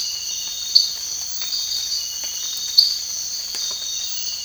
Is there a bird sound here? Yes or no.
no